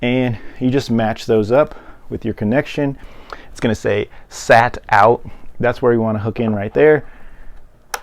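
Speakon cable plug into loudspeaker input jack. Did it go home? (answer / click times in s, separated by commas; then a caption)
yes / 7.9 s. Someone talks while lining up a Speakon speaker cable plug by its notches with the input jack of a ProReck Club 2000 speaker. The plug is pushed in and twisted, and a short, sharp click at 7.9 s marks it locking. The connector is seated.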